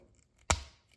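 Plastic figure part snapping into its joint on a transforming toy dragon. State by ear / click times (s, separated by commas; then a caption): seated / 0.5 s. A part of a 52Toys plastic transforming dragon figure is pushed into its joint, with a few faint ticks before and after. It seats with one sharp, loud snap at 0.5 s that rings briefly, showing a tight fit.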